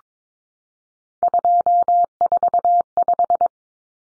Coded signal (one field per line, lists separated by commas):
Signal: Morse code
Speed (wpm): 22 wpm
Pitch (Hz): 700 Hz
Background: none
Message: 245